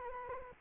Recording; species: mosquito wingbeat signal from an infrared sensor; Anopheles arabiensis